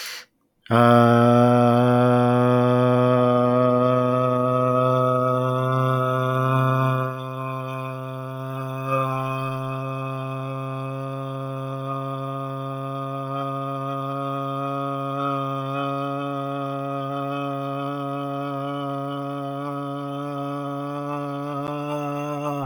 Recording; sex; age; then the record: vowel held as long as possible; male; 20 to 29 years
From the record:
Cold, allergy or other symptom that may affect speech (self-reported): no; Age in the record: 26 years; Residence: Michigan, United States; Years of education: 12